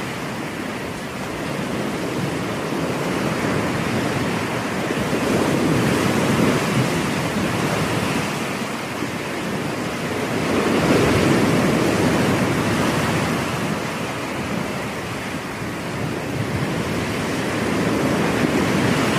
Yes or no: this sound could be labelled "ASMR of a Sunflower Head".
no